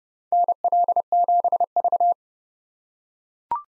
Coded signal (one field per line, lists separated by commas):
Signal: Morse code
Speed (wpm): 32 wpm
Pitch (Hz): 700 Hz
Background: none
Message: NL7V